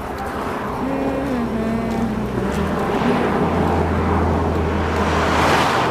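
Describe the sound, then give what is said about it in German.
A station wagon speeds past a cyclist with a steady, rushing engine roar, a low droning hum underneath that shifts pitch and then holds, the noise swelling slightly toward the end. “Der Wagen rast dicht an Nele vorbei.”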